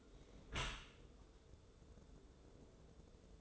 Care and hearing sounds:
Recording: daily activity, microphone in the room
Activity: close dishwasher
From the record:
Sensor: 3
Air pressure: 1014.9 hPa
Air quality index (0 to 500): 34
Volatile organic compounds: 1 ppm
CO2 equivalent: 554 ppm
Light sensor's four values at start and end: 11/26/11/11 and 11/26/11/11

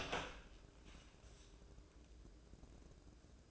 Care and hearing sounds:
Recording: daily activity, microphone in the room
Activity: open door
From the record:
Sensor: 2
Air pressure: 1012.2 hPa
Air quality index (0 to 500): 160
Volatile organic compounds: 2 ppm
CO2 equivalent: 1173 ppm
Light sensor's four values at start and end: 372/931/377/393 and 369/925/374/389

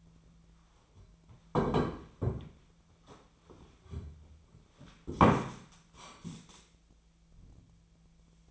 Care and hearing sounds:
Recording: daily activity, microphone in the room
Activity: sit down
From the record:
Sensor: 1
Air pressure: 1008.2 hPa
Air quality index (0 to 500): 191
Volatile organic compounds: 17 ppm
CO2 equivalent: 2591 ppm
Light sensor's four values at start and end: 13/33/13/15 and 13/34/14/15

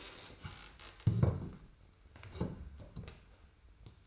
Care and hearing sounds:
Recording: daily activity, microphone in the room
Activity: stand up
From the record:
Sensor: 2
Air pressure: 990.3 hPa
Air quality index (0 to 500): 178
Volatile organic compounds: 1000 ppm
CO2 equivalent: 5652 ppm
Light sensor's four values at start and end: 32/74/30/30 and 32/71/30/30

